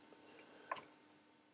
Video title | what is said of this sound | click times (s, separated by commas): Toolan Saw 8 in 1 Multi Saw | but it does lock in there | 0.7 s